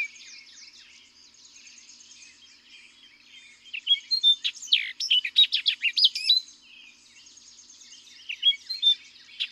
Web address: birdsongforthecurious Orchard Oriole